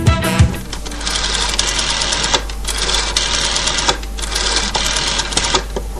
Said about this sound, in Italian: magari per i giovanissimi sarà stata una gradita sorpresa, quantomeno riascoltare il suono del glorioso telefono SIP. Facciamo una cosa, dai, lo rimettiamo un attimo la basettina del vecchio mitico telefono SIP. Eccolo che arriva, sentite, eh?